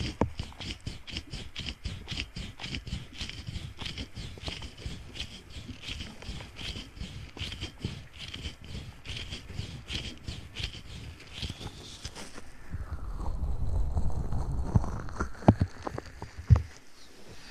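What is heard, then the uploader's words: A dense stream of quick, crackling ticks runs steadily for the first twelve seconds over a low rumble. Around the thirteenth second the ticks thin out, a deep rumble swells, and a tone slides downward then climbs back up before a few sharp clicks end it. TimASMR - play with your ears.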